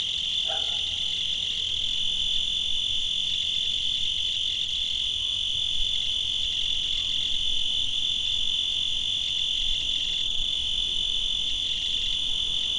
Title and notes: ACA - Grabaciones de campo. Grillo. grabaciones hechas en tavira, tangier, lima, bhubanshwar